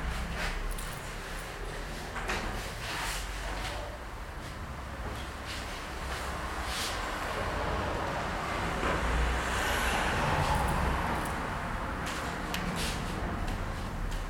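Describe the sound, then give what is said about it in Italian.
Steady low rumble of road traffic fills the background, with a few brief swells as vehicles pass. No one speaks; the noise stays even and moderately quiet throughout. “Prima le persone, poi i rumori, anche se abbiamo avuto sottofondo delle macchine, almeno avete respirato.”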